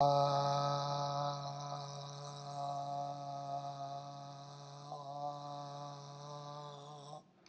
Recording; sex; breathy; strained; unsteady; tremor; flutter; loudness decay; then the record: sustained vowel /a/; male; absent; absent; present; absent; absent; absent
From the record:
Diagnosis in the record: healthy control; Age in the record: 70 years